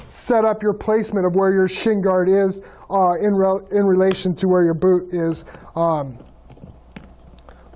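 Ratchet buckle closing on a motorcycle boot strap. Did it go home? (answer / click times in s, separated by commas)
yes / 7.0 s, 7.4 s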